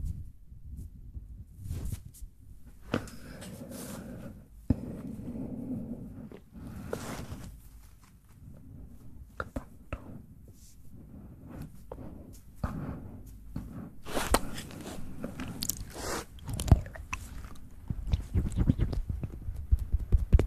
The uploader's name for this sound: ASMR Close Mouth Sounds